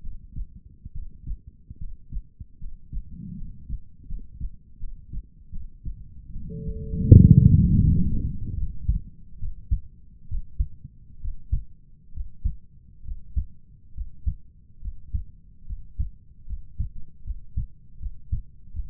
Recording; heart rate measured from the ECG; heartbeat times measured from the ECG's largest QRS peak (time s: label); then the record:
heart sounds by stethoscope; 74 bpm
0.01 s: heartbeat
0.92 s: heartbeat
1.78 s: heartbeat
2.58 s: heartbeat
3.35 s: heartbeat
4.06 s: heartbeat
4.78 s: heartbeat
5.50 s: heartbeat
6.31 s: heartbeat
7.15 s: heartbeat
7.89 s: heartbeat
8.55 s: heartbeat
9.38 s: heartbeat
10.27 s: heartbeat
11.19 s: heartbeat
12.11 s: heartbeat
13.02 s: heartbeat
13.92 s: heartbeat
14.79 s: heartbeat
15.64 s: heartbeat
16.44 s: heartbeat
17.21 s: heartbeat
17.97 s: heartbeat
18.70 s: heartbeat
From the record:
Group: healthy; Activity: rest 0-6 s, Valsalva maneuver 6-19 s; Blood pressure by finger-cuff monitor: 116/64 mmHg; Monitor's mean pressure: 85 mmHg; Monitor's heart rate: 70 bpm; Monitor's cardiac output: 6.7 L/min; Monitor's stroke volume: 85 mL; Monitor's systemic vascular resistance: 870 dyn s/cm5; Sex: female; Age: 23 years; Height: 160 cm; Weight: 50.4 kg